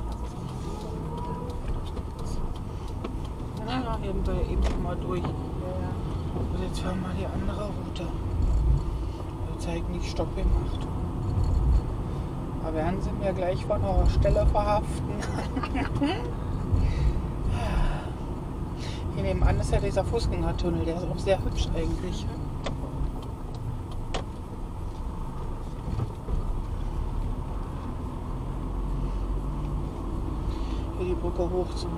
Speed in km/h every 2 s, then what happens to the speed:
17, 22, 29, 32, 32, 32, 31, 30, 29, 27, 27, 23, 22, 23, 26, 31.
0-5 speeds up to 32. 5-27 slows to 23. 27-32 speeds up to 31.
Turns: none.